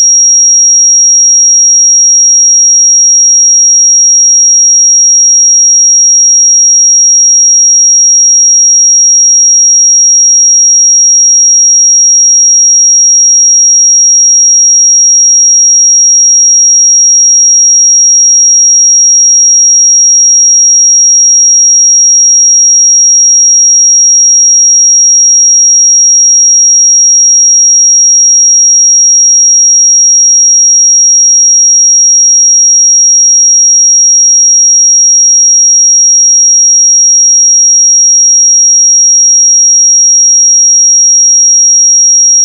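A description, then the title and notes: A single pure sine tone at 5641 Hz holds perfectly steady for the whole forty-two seconds. It is a thin, high, piercing whistle with no wavering, breaks or changes in loudness, and nothing else sounds behind it. 5641 Hz 1 Hz Interval Sine Pure Tone Frequency 441000 Sample Mono.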